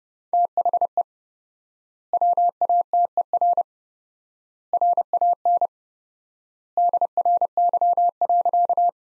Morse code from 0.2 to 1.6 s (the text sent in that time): THE